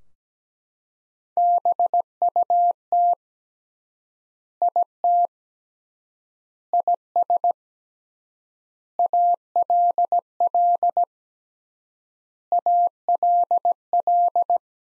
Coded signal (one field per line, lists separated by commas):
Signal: Morse code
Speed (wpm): 17 wpm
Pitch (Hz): 700 Hz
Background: none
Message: BUT IT IS ALL ALL